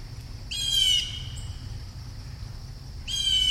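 Bird giving two rough, nasal squawks about two and a half seconds apart, with faint steady background noise.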